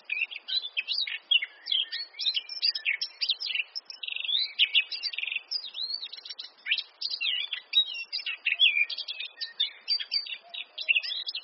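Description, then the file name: Eurasian blackcap song, a long scratchy warble with varied chattering notes, a couple of buzzy rattles near the middle, and a few sliding whistled notes. "Sylvia atricapilla"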